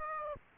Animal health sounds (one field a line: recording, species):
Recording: mosquito wingbeat signal from an infrared sensor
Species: Aedes aegypti